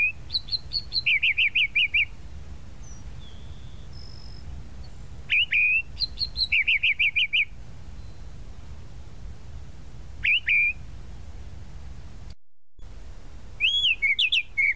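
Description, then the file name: Tropical mockingbird song in separated bursts: slurred whistles and runs of rapid repeated notes, with long quiet gaps between phrases. "Canto-do-Sabiá-da-Praia"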